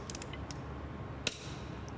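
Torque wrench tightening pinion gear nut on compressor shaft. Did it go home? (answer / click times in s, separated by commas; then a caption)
yes / 1.3 s. A torque wrench set to 250 Nm tightens the stage 3 pinion gear nut onto its shaft on an Atlas Copco oil-free air compressor. Light ticking and ratcheting sounds at the start lead to one sharp, loud click at 1.3 s, which shows the correct torque has been reached.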